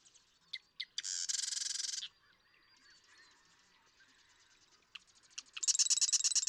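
Marsh Wren song: scattered ticks, a loud harsh buzzy burst, a quieter stretch, then a fast rattling trill of repeated pulses at the end.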